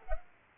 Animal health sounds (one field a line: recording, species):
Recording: mosquito wingbeat signal from an infrared sensor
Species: Culex pipiens